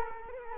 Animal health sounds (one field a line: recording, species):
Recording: mosquito wingbeat signal from an infrared sensor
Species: Culex quinquefasciatus